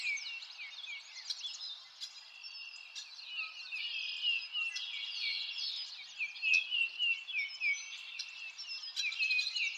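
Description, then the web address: Birds in full chorus, overlapping high twitters and quick chirps, with brighter sharp notes repeating near the end. Birds in a forest, nature ambience. "lynne-publishing Nature Ambience Birds In a Forest"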